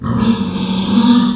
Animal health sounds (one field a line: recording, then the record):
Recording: squeal of a Yucatan mini pig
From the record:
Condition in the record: after surgery on the right vocal fold (resection and tissue-engineered implant)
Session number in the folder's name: 14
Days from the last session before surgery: 133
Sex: female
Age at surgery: 19 weeks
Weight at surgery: 25 kg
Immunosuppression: prednisolone